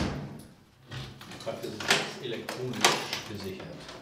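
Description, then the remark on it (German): A door of a red brick house is unlocked and opened: metallic clicks and rattling, then two sharp bright knocks of the latch and door moving, with faint murmuring voices underneath. “schließt die Tür des roten Backsteinhauses auf.”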